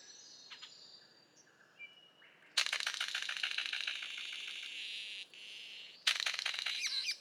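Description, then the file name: Golden bowerbird with a few soft squeaky notes, then two long harsh rattling, buzzy bursts with scratchy squeaks mixed in. "Prionodura Newtoniana"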